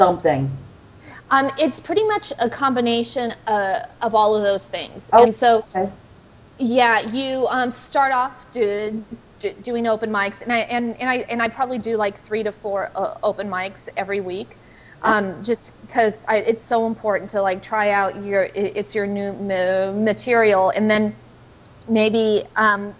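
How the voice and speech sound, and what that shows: Adult woman who stutters openly, speaking conversationally with sound and word repetitions, drawn-out vowels and brief blocks: stuttering.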